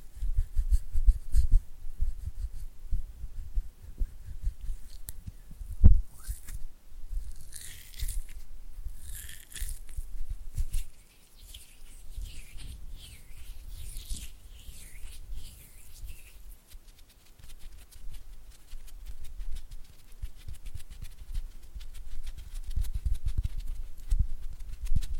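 Oily hands and fluttering fingers make soft low taps throughout, a sharp knock near six seconds, then bright wet squelching bursts until sixteen seconds.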